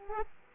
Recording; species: mosquito wingbeat signal from an infrared sensor; Aedes aegypti